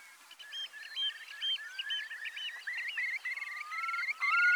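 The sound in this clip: Curlew uttering quavering, trilled notes that run together, with a clear rising whistle near the end.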